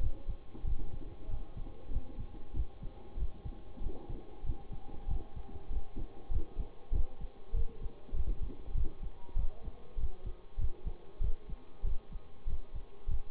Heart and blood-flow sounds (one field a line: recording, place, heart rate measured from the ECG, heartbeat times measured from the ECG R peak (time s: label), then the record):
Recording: heart sounds by stethoscope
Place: between the tricuspid and mitral areas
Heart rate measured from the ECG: 96 bpm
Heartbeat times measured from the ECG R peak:
0.64 s: heartbeat
1.28 s: heartbeat
1.90 s: heartbeat
2.53 s: heartbeat
3.16 s: heartbeat
3.80 s: heartbeat
4.43 s: heartbeat
5.07 s: heartbeat
5.69 s: heartbeat
6.30 s: heartbeat
6.92 s: heartbeat
7.53 s: heartbeat
8.13 s: heartbeat
8.74 s: heartbeat
9.35 s: heartbeat
9.97 s: heartbeat
10.58 s: heartbeat
11.20 s: heartbeat
11.83 s: heartbeat
12.46 s: heartbeat
13.07 s: heartbeat
From the record:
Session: bicycle stress test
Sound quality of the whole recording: good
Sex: male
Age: 26 years